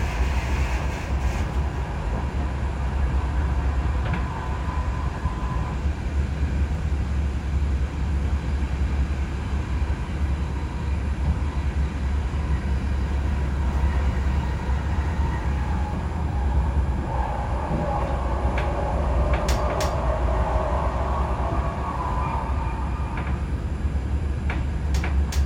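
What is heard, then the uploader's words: A steady, deep rumble of a moving train fills the whole recording at an even level, with soft hums rising and fading in the middle range. A few sharp clicks sound near the end, around twenty and twenty-five seconds. With the CAT (City Airport Train), Vienna offers a rapid connection between city centre and airport. It’s relaxing and soothing with minor hums and clicks and not overcrowded. All aboard the CAT.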